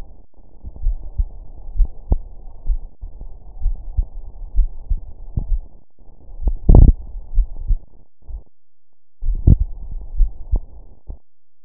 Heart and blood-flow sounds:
heart sounds
0.01	0.21	systole
0.21	0.29	S2
0.29	0.83	diastole
0.83	0.97	S1
0.97	1.17	systole
1.17	1.27	S2
1.27	1.77	diastole
1.77	1.89	S1
1.89	2.09	systole
2.09	2.19	S2
2.19	2.67	diastole
2.67	2.79	S1
2.79	2.99	systole
2.99	3.09	S2
3.09	3.63	diastole
3.63	3.75	S1
3.75	3.97	systole
3.97	4.07	S2
4.07	4.57	diastole
4.57	4.69	S1
4.69	4.89	systole
4.89	4.99	S2
4.99	5.49	diastole
5.49	5.61	S1
5.61	5.81	systole
5.81	5.89	S2
5.89	6.43	diastole
6.43	6.57	S1
6.57	6.77	systole
6.77	6.93	S2
6.93	7.35	diastole
7.35	7.47	S1
7.47	7.67	systole
7.67	7.79	S2
7.79	8.33	diastole
8.33	8.43	S1
8.43	8.63	systole
8.63	8.71	S2
8.71	9.25	diastole
9.25	9.35	S1
9.35	9.45	systole
9.45	9.59	S2
9.59	10.17	diastole
10.17	10.31	S1
10.31	10.51	systole
10.51	10.61	S2
10.61	11.13	diastole
11.13	11.21	S1
11.21	11.41	systole
11.41	11.49	S2
11.49	11.65	diastole
From the record:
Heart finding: coronary artery disease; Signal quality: good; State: rest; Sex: female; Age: 48 years

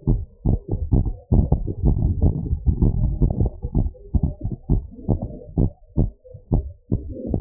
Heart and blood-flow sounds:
heart sounds
0.00	0.09	diastole
0.09	0.21	S1
0.21	0.47	systole
0.47	0.57	S2
0.57	0.91	diastole
0.91	1.05	S1
1.05	1.33	systole
1.33	1.47	S2
1.47	1.85	diastole
1.85	1.99	S1
1.99	2.21	systole
2.21	2.35	S2
2.35	2.79	diastole
2.79	2.95	S1
2.95	3.23	systole
3.23	3.35	S2
3.35	3.75	diastole
3.75	3.91	S1
3.91	4.23	systole
4.23	4.33	S2
4.33	4.71	diastole
4.71	4.83	S1
4.83	5.09	systole
5.09	5.19	S2
5.19	5.59	diastole
5.59	5.71	S1
5.71	5.99	systole
5.99	6.11	S2
6.11	6.53	diastole
6.53	6.65	S1
6.65	6.93	systole
6.93	7.03	S2
7.03	7.41	diastole
From the record:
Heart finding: normal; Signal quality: good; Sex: female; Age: 58 years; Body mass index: 33.1

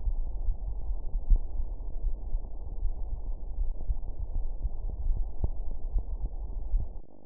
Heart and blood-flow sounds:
heart sounds
0.00	0.16	systole
0.16	0.26	S2
0.26	0.64	diastole
0.64	0.74	S1
0.74	0.88	systole
0.88	0.96	S2
0.96	1.30	diastole
1.30	1.42	S1
1.42	1.58	systole
1.58	1.68	S2
1.68	2.04	diastole
2.04	2.16	S1
2.16	2.32	systole
2.32	2.42	S2
2.42	2.82	diastole
2.82	2.94	S1
2.94	3.10	systole
3.10	3.18	S2
3.18	3.58	diastole
3.58	3.70	S1
3.70	3.88	systole
3.88	3.98	S2
3.98	4.34	diastole
4.34	4.46	S1
4.46	4.62	systole
4.62	4.70	S2
4.70	5.08	diastole
5.08	5.24	S1
5.24	5.42	systole
5.42	5.54	S2
5.54	5.92	diastole
5.92	6.04	S1
6.04	6.22	systole
6.22	6.32	S2
6.32	6.74	diastole
6.74	6.86	S1
6.86	7.04	systole
7.04	7.14	S2
7.14	7.25	diastole
From the record:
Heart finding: coronary artery disease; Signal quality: good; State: rest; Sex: female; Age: 75 years

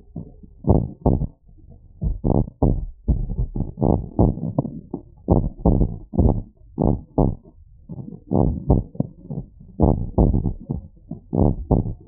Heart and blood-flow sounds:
heart sounds
0.00	0.68	diastole
0.68	0.82	S1
0.82	1.06	systole
1.06	1.20	S2
1.20	2.30	diastole
2.30	2.44	S1
2.44	2.70	systole
2.70	2.80	S2
2.80	3.82	diastole
3.82	3.94	S1
3.94	4.20	systole
4.20	4.34	S2
4.34	5.30	diastole
5.30	5.46	S1
5.46	5.76	systole
5.76	5.88	S2
5.88	6.86	diastole
6.86	6.98	S1
6.98	7.24	systole
7.24	7.34	S2
7.34	8.34	diastole
8.34	8.46	S1
8.46	8.70	systole
8.70	8.82	S2
8.82	9.82	diastole
9.82	9.96	S1
9.96	10.20	systole
10.20	10.36	S2
10.36	11.38	diastole
11.38	11.50	S1
11.50	11.72	systole
11.72	11.84	S2
11.84	12.08	diastole
From the record:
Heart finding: abnormal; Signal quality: good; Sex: male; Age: 22 years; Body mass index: 18.6

